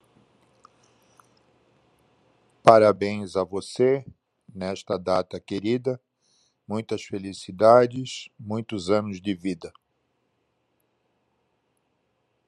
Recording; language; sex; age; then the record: short text; Brazilian Portuguese; male; 70 to 79 years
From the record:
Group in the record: control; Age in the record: 71 years